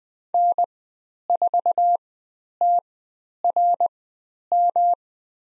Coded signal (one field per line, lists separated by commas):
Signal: Morse code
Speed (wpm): 20 wpm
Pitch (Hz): 700 Hz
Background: none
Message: N4TRM